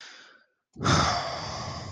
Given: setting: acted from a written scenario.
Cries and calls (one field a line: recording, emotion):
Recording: vocal sound without words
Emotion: guilt